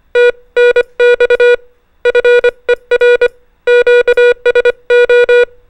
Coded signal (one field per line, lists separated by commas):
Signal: Morse code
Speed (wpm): 25 wpm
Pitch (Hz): 480 Hz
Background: music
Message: TNX FER QSO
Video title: The Making Of Amazing Helen Joyce Archibald VA1YL - CANADA | MABUHAY X-stitch Call | Amateur Radio